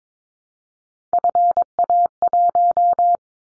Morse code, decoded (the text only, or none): FA1